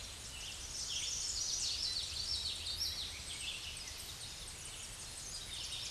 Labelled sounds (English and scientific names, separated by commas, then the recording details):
Common Yellowthroat (Geothlypis trichas) song
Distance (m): 30 m
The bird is about 15 m above the microphone
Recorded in a Pennsylvania forest on 16 May 2024 at 07:21
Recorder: AudioMoth, point MSD-2107
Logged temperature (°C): 16.1 °C
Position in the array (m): 27 m, 148 m